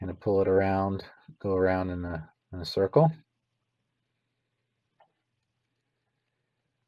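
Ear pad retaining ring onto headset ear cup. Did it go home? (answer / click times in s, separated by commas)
no / none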